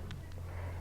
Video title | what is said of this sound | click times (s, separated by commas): How to Use Reformer Head Shoulder Rests | and then it clicks into the next position | 0.1 s